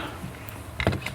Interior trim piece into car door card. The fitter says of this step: and this snaps in place